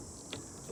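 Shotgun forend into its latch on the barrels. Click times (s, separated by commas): 0.3 s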